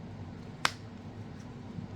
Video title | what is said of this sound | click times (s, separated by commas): Benchmade Adamas Fixed in CPM Cru Wear... Let Talk Benchmade Knives! | very you know there you did hear a click but it's so | 0.7 s